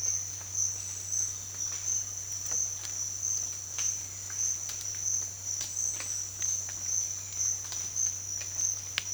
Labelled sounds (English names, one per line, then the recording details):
none
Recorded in dense forest near Puerto Asís, Putumayo, Colombia, on 25 June 2025 at 07:00
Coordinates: 0.468, -76.322
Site GP03